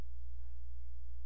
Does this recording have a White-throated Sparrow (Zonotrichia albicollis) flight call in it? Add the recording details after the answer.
no. No flight call is heard. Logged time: 00:16 on 16 September 2014